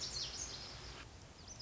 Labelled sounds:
Lazuli Bunting (Passerina amoena)
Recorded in Sonoma County, California

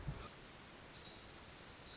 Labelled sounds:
Pacific Wren (Troglodytes pacificus)
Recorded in Sonoma County, California

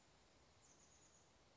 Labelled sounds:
Chestnut-backed Chickadee (Poecile rufescens)
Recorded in Sonoma County, California

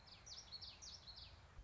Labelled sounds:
Common Yellowthroat (Geothlypis trichas)
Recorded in Sonoma County, California

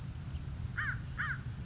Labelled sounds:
American Crow (Corvus brachyrhynchos)
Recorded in Sonoma County, California

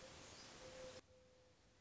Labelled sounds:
Mourning Dove (Zenaida macroura)
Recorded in Sonoma County, California

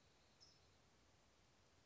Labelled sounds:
California Towhee (Melozone crissalis)
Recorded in Sonoma County, California

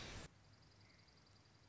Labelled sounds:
Dark-eyed Junco (Junco hyemalis)
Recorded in Sonoma County, California

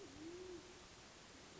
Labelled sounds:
Band-tailed Pigeon (Patagioenas fasciata)
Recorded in Sonoma County, California

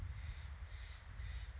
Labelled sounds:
Steller's Jay (Cyanocitta stelleri)
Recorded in Sonoma County, California

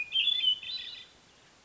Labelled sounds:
Hermit Thrush (Catharus guttatus)
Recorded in Sonoma County, California

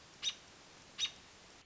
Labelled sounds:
American Robin (Turdus migratorius)
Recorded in Sonoma County, California

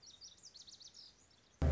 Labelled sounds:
Lazuli Bunting (Passerina amoena)
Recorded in Sonoma County, California

